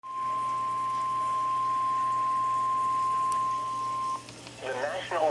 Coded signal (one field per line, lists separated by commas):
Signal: Emergency Alert System (SAME) tones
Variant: 1050 Hz attention tone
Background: speech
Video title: (EAS #12) Tornado Warning (KEC55)